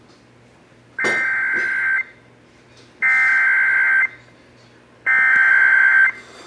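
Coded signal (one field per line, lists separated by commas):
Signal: Emergency Alert System (SAME) tones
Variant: header bursts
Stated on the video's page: Severe thunderstorm warning EAS alert relayed on an AM broadcast station.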